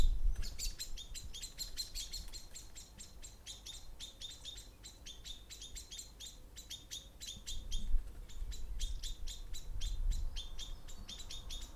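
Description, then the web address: Bird song: rapid chirps repeated about four times a second in bursts, with low traffic rumble swelling as cars pass. Recorded with cars passing by. "wikipedia commons Birds songs and cars passing by"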